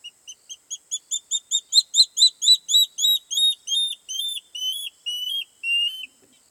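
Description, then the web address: Water thick-knee whistles in a rapid series that builds to a loud peak, then slows into longer, slightly lower notes and fades out. At dawn. "Google Sounds Sound Matters. Water thick knee"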